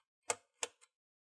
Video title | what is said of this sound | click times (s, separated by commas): Dell Optiplex 3050 Mini Pc Repaste Service / maintenance | the screws will not come out you just rotate until you hear that click | 0.3 s, 0.6 s